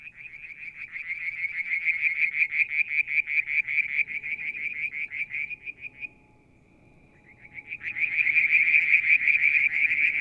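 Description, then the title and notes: Frogs trilling in rapid, loud pulsed runs. One long bout breaks briefly into a thin trill, then a strong trill resumes, over a faint hum. Calling one evening near a water tank at Mount Wilson, New South Wales, Australia, July 2022. "Frog song, Mount Wilson, New South Wales, Australia in July 2022 – by Alexander Moffatt. Limnodynastes Peronii, Litoria Verreauxii and a mystery frog one evening near the water tank"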